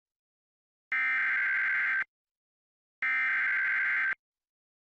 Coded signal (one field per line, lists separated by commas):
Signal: Emergency Alert System (SAME) tones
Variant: header bursts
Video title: WYBE Emergency Alert System - Flash Flood Warning (July 14, 2017)